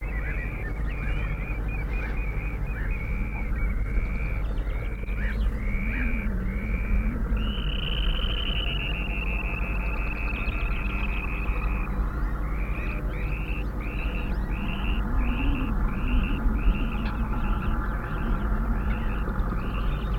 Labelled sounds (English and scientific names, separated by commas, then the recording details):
Dunlin (Calidris alpina)
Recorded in the wild
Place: Landow, Insel Rügen, Mecklenburg-Vorpommern, DE
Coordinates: 54.408, 13.265
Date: 1970-05-03
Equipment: Nagra III BH, Sennheiser MD 21, parabola
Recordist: Schubert, Michael